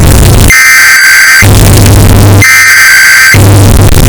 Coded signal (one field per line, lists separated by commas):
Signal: Emergency Alert System (SAME) tones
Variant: header bursts